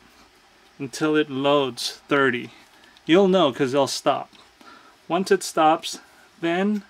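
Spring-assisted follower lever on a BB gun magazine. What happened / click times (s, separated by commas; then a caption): No seating click yet; only talking is heard / none. Someone talks while handling an Umarex Steel Storm BB gun, which is shaken until its 30-round magazine loads, with the spring-assisted follower lever about to be put back up into position. Nothing has seated or clicked yet.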